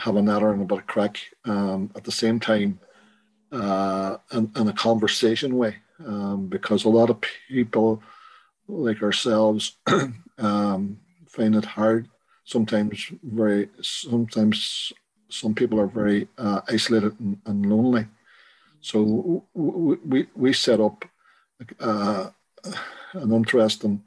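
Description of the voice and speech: A man, a stroke survivor with aphasia, speaks in short, halting phrases, with frequent 'um' fillers, stretched words, pauses of up to two seconds, a repeated 'we, we, we' and a self-correction. These word-finding hesitations fit mild aphasia, a language disorder after stroke.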